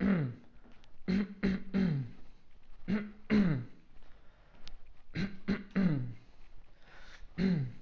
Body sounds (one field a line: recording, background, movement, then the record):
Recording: throat clearing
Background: quiet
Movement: walking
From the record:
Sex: male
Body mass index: 20.5 kg/m2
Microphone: on the chest, facing outward